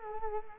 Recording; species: mosquito wingbeat signal from an infrared sensor; Culex quinquefasciatus